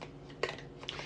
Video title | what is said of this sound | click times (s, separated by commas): New Kitchen Products for Fall/Winter 2023 by Pampered Chef | then you put them in and it snaps right in okay and then we're gonna snap I should have stuck that right in there there you go | 0.4 s, 0.9 s